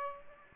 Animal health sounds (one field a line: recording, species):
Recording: mosquito wingbeat signal from an infrared sensor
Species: Aedes aegypti